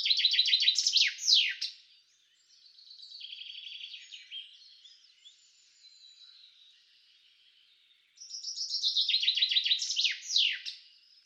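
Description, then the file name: Common chaffinch song: a bright descending trill ending in a sharp flourish, heard twice, with softer twittering notes filling the gap between phrases. "Fringilla coelebs"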